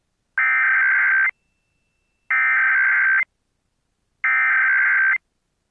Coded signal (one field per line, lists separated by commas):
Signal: Emergency Alert System (SAME) tones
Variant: header bursts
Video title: EAS Scenario: Return of King Ghidorah (Part IV)